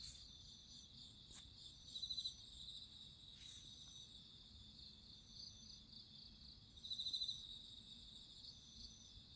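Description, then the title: Cricket song, a steady high chorus with two louder pulsed trill bursts about five seconds apart and a couple of faint clicks. Crickets singing at midnight. "Listen to nature crickets singing at midnight"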